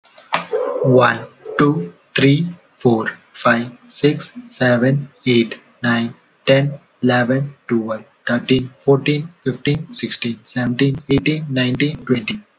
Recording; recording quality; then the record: counting at a normal pace; excellent, no background noise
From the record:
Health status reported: healthy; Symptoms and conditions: none ticked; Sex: male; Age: 21 years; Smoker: not ticked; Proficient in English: yes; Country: India